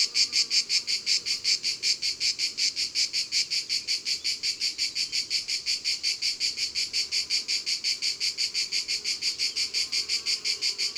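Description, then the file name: Cicada song, sharply pulsed high buzzing, close to three beats a second, steady and regular from start to finish. Cicadas recorded at Ribes, Ardèche, France, as part of a sound-ambience collection by Studio Les Trois Becs. "Cigales-Ribes-Ambiances-Sonores-d Ardeche-Studio-Les-Trois-Becs"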